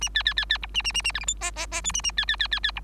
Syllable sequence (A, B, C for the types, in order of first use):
A B B B B C A A A A D E F G G G H A A B B B B B C